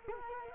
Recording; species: mosquito wingbeat signal from an infrared sensor; Culex quinquefasciatus